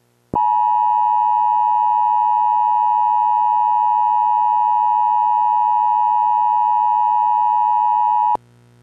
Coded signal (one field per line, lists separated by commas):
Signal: Emergency Alert System (SAME) tones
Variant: 853 and 960 Hz attention tone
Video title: EAS severe t;storm warning for LA counties